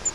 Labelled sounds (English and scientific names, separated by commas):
Grace's Warbler (Setophaga graciae) flight call